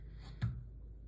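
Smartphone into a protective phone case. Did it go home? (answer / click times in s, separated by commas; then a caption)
no / none. With the top of an iPhone 14 Pro already in a rigid plastic Otterbox Lumen Series case, the bottom edge is pressed to snap it into place. A brief dull press sound at about 0.4 s rises over a quiet low hum, then fades. The bottom does not seat, so nothing has clicked into place yet.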